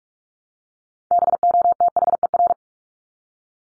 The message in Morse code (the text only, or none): BOTHER